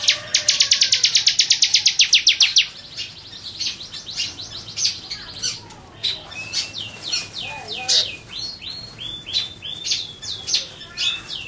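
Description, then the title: Bar-winged prinia song: a fast, high trill for the first few seconds, followed by scattered sharp chirps and a few soft lower notes. "Suara Burung Ciblek"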